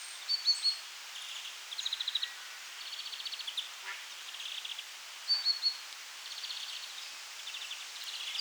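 European greenfinch uttering soft buzzy trills in short bursts, with a couple of brighter clipped notes repeated twice, the whole sequence fairly quiet.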